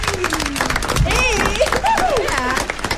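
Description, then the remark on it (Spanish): Steady audience applause, a dense crackle of many hands clapping for about three seconds, with voices calling out and cheering over the top. “Felicitaciones, aplauso entonces.”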